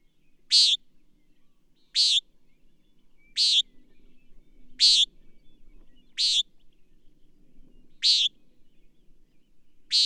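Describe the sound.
Bird song: sharp high chirped notes, each brief, repeated about every one and a half seconds, seven in all, with faint low background hum.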